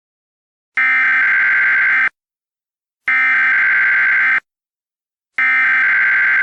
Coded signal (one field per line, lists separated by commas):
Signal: Emergency Alert System (SAME) tones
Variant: header bursts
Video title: EAS Scenario: The Genetic Code Part 5